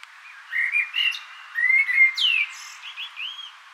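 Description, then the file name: Common blackbird song: mellow fluted warbling notes, then a sharp falling squeak and a few soft high twittering notes at the end. "Turdus merula"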